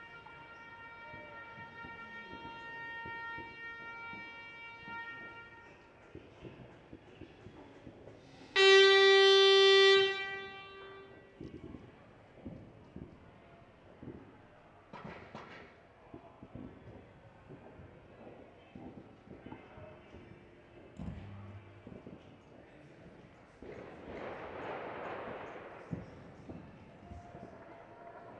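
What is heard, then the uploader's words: New Year's turn in El Borge: a steady whistling, siren-like tone sounds for the first six seconds, then a loud blaring tone bursts in around nine seconds. Scattered sharp pops and crackles run throughout, with a rushing hiss near twenty-five seconds. New Year at El Borge. Turn of the year in El Borge.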